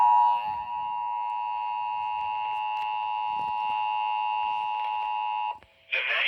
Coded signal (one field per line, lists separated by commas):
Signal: Emergency Alert System (SAME) tones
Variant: 853 and 960 Hz attention tone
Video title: WELCOME BACK TO NC! EAS Alerts from 7/31/20 (EAS #4,792 - 4,831)